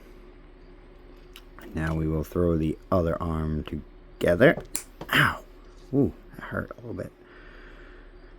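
Plastic arm pieces of a Blokees Transformers Galaxy Set 3 Soundwave snap-fit model kit are handled and pressed together, with brief small ticks near 1.4 s and 1.6 s. Someone talks over most of the clip. The arm part has not snapped home yet, and nothing has seated or clicked by the end.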